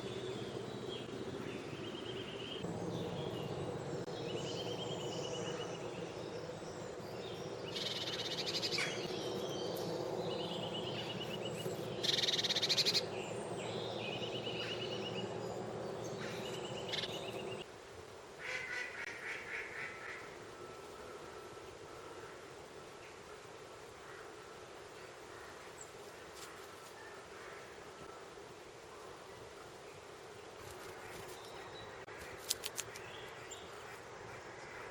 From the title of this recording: Eurasian Hoopoe